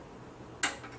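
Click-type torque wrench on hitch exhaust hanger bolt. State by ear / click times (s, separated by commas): torque reached / 0.6 s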